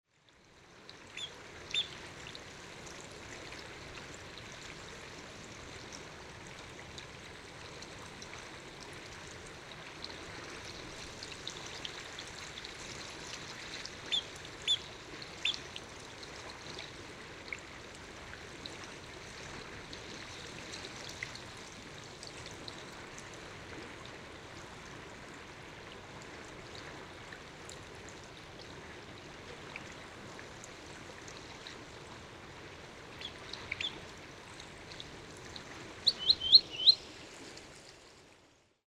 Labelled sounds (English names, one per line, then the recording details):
Spotted Sandpiper call
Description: Spotted Sandpiper call recorded in Endovalley in Rocky Mountain National Park
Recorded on 29 May 2017